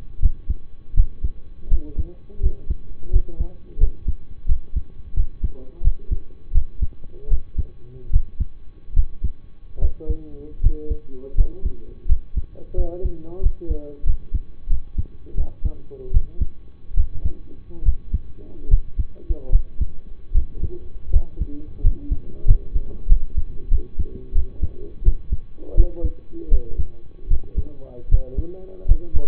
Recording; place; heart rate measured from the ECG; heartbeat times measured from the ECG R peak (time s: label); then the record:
heart sounds by stethoscope; between the tricuspid and mitral areas; 82 bpm
0.19 s: heartbeat
0.94 s: heartbeat
1.68 s: heartbeat
2.40 s: heartbeat
3.10 s: heartbeat
3.78 s: heartbeat
4.46 s: heartbeat
5.14 s: heartbeat
5.81 s: heartbeat
6.52 s: heartbeat
7.28 s: heartbeat
8.10 s: heartbeat
8.93 s: heartbeat
9.79 s: heartbeat
10.60 s: heartbeat
11.34 s: heartbeat
12.06 s: heartbeat
12.74 s: heartbeat
13.40 s: heartbeat
14.04 s: heartbeat
14.68 s: heartbeat
15.35 s: heartbeat
16.11 s: heartbeat
16.94 s: heartbeat
17.83 s: heartbeat
18.68 s: heartbeat
19.50 s: heartbeat
20.32 s: heartbeat
21.10 s: heartbeat
21.81 s: heartbeat
22.45 s: heartbeat
23.07 s: heartbeat
23.69 s: heartbeat
24.33 s: heartbeat
25.03 s: heartbeat
25.75 s: heartbeat
26.49 s: heartbeat
27.28 s: heartbeat
28.09 s: heartbeat
28.86 s: heartbeat
From the record:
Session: rest, lying down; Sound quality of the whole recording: partially saturated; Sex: male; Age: 25 years